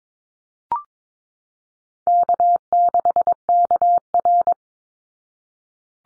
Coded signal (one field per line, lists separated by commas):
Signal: Morse code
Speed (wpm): 22 wpm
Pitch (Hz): 700 Hz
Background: none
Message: K6KR